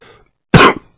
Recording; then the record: coughing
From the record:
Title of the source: Coughing 46